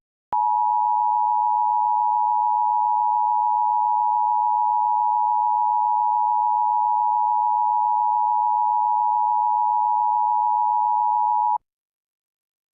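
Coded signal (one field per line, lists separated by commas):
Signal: Emergency Alert System (SAME) tones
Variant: 853 and 960 Hz attention tone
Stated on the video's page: Fictional simulated EAS scenario alert.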